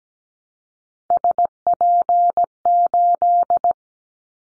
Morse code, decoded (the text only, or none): SP8